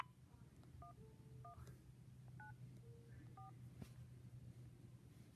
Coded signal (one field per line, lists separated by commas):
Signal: DTMF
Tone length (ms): 120 ms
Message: 11 9 4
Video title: Farewell Telstra numbers 1194 and 1196 talking clock and weather service (End of an era)